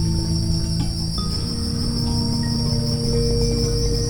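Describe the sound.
Continuous cricket trilling, high and even, with soft low synth-like tones humming below.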